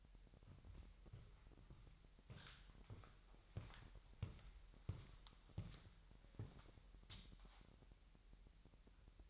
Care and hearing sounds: daily activity, microphone in the room; walk to room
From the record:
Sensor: 3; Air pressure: 1002.0 hPa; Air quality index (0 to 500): 247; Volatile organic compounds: 49 ppm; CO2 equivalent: 3282 ppm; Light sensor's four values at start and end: 9/22/9/9 and 9/21/8/8

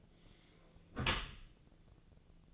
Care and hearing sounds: daily activity, microphone in the room; close dishwasher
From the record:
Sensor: 4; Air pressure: 1001.3 hPa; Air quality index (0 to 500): 179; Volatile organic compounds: 2 ppm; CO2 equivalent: 1277 ppm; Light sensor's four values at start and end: 11/25/10/11 and 12/26/11/11

